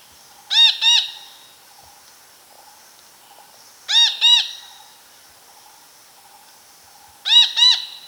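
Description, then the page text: Red-breasted parakeet giving harsh, grating double squawks about every three seconds, three pairs in all, separated by quiet pauses. "Red-Breasted Parakeet Calls. Quick Sounds"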